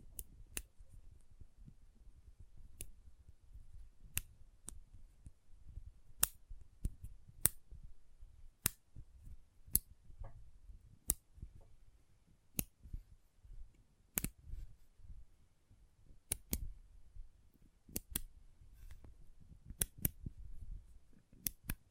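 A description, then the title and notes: Magnets snap together in sharp, bright clicks, arriving about once every second or two, sometimes in quick pairs. Between the snaps, a soft, low rumbling shuffle continues, rising and falling unevenly throughout. ASMR Intense Magnetic Tingles (No Talking).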